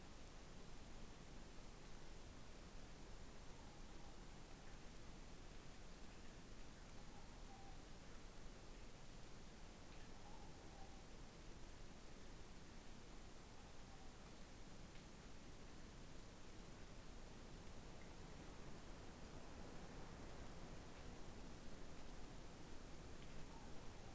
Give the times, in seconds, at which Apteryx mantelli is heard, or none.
none